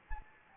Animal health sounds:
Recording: mosquito wingbeat signal from an infrared sensor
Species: Anopheles gambiae

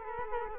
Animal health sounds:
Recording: mosquito wingbeat signal from an infrared sensor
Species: Culex quinquefasciatus

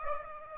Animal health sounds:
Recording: mosquito wingbeat signal from an infrared sensor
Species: Aedes aegypti

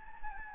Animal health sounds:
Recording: mosquito wingbeat signal from an infrared sensor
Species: Anopheles gambiae

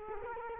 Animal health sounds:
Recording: mosquito wingbeat signal from an infrared sensor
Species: Culex quinquefasciatus

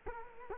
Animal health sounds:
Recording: mosquito wingbeat signal from an infrared sensor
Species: Culex quinquefasciatus

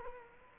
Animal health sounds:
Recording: mosquito wingbeat signal from an infrared sensor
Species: Culex quinquefasciatus

